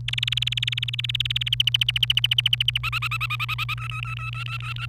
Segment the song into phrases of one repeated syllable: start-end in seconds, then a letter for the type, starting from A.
0.08-1.49 A, 1.52-2.78 B, 2.83-3.74 C, 3.78-4.86 D